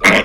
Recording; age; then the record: pig call; piglet (1 to 25 days)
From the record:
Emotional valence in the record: negative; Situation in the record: crushing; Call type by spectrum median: low-frequency call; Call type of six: low-frequency tonal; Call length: 0.25 s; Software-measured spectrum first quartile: 637 Hz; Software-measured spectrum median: 1623 Hz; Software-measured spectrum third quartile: 2311 Hz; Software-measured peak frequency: 2134 Hz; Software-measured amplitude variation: 169 dB a second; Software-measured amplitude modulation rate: 17.7 a second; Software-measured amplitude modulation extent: 9.5 dB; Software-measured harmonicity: -0.1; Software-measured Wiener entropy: -1.18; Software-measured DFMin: 844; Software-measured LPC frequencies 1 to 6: 607, 1362, 2114, 3066, 3690, 4794 Hz